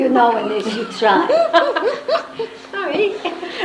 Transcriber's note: much laughter